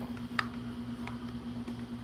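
A greased plastic and metal driveline part is rocked and pushed into the driveline of a Vanquish VS-410 RC crawler builder's kit over a steady low hum. It clicks into place with a sharp click at 0.4 s, followed by a fainter tick at 1.1 s, and the part is seated.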